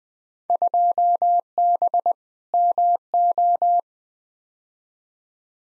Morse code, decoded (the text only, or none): 2B MO